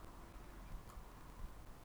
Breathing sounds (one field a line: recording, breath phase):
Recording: one breath near a microphone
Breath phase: inhalation